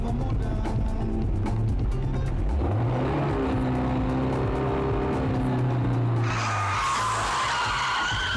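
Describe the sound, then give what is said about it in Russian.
A car following a woman walking along a street revs up with a rising drone, then tires squeal in a sharp, loud skid that cuts off abruptly as it nearly hits her. “Аня идет улицей, за ней едет машина и чуть не сбивает”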